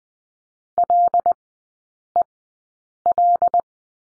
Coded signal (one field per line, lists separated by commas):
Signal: Morse code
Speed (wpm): 20 wpm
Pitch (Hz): 700 Hz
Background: none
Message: LEL